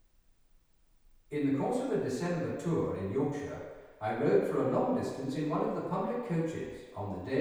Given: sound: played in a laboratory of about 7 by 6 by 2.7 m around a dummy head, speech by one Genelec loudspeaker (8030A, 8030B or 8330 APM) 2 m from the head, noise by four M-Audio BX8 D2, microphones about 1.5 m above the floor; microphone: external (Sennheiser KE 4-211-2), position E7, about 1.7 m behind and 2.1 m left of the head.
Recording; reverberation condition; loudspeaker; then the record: male speech in English; high; in front (0 degrees)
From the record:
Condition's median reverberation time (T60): about 1300 ms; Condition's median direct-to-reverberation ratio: about -4.0 dB